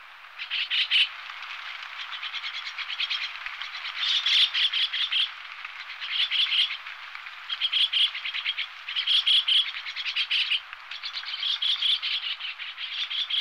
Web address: megalurus pryeri